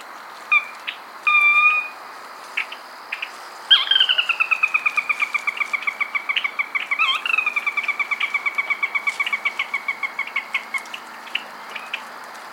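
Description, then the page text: Sora calls: a few short whistled notes, then a long descending whinny of rapid repeated notes lasting about seven seconds. "Jonathon Jongsma - Каролинский погоныш (Porzana carolina)"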